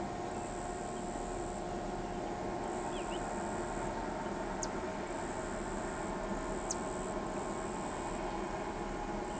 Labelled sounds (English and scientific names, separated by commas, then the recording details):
none
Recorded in pastures near Pivijay, Magdalena, Colombia, on 18 April 2023 at 06:00
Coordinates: 10.456, -74.369
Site P6-G026